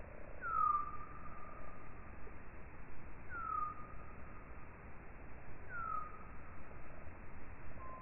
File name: Nyctalus noctula